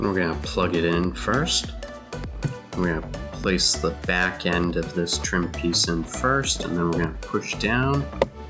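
Someone talks over background music while reinstalling the plastic trim piece holding the repaired dashboard clock in a Porsche Cayenne: it is plugged in first, its back end is set in, and it is then pushed down. Brief handling sounds occur around 2.1 to 2.4 seconds. The trim piece has not clicked into place yet.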